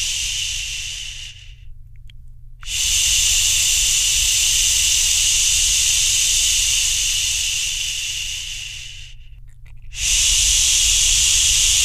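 A soft, steady shushing hiss runs in long strokes, bright and airy, with a low rumble underneath. Two clear pauses break the flow, near two seconds and again near nine to ten seconds, each followed by the shush starting up again.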